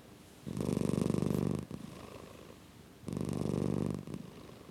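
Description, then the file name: Domestic cat giving a deep, steady purr that swells loudly twice, each surge lasting about a second, with a softer rumble continuing in between. "mindmapthat - Purring Cat"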